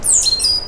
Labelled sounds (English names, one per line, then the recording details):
Stitchbird song
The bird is a male
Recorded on Tiritiri Matangi Island, New Zealand, in 2005
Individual 12, of nest box 16